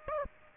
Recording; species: mosquito wingbeat signal from an infrared sensor; Aedes aegypti